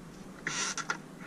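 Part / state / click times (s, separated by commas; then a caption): fold-up TV/Blu-ray unit into its travel lock in a motorhome / not seated / none. A fold-up TV/Blu-ray entertainment unit in a 22-foot Class A motorhome is handled as it is folded up toward its travel lock. Short broadband handling noises and scrapes come at about 0.5, 0.8 and 0.9 seconds over a quiet background. Nothing has latched or clicked into place yet.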